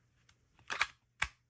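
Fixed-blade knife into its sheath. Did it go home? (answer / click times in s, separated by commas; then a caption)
yes / 1.2 s. A fixed-blade knife from Temu that resembles a Benchmade Hidden Canyon is pushed into its molded sheath, with faint ticks and a louder scraping slide around 0.7–0.9 s. It locks in with a sharp, audible click at 1.2 s, seated solid with no rattle.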